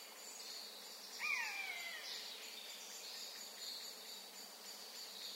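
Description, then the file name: Eurasian jay giving a single clear mewing call that slides downward and fades, over a steady high-pitched background. "Garrulus glandarius"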